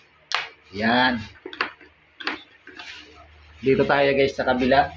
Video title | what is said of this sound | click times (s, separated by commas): paano magpalit ng lens or visor ng evo helmet AR 01 #evo #lens#visor | para mag-lock na siya. | 0.3 s